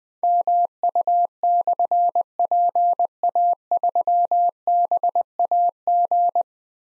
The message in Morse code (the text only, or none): MU/PA3BAG